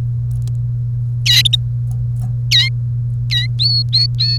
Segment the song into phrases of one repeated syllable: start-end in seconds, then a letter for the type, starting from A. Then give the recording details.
1.26-1.42 A, 2.51-2.69 A, 3.31-3.46 A, 3.59-4.38 B. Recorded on 1 May 2018 at 10:13. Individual llb3